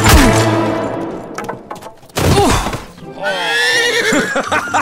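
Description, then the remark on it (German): A horse neighs loudly in shrill, wavering bursts, mixed with heavy thuds and clattering crashes in a dense, noisy jousting scene on a riding ground, where two young men joust with lances and one is knocked from his horse, with a short lull before the whinnying rises again. “Er wurde unsanft von der Lanze seines Gegners vom Pferd gestoßen.”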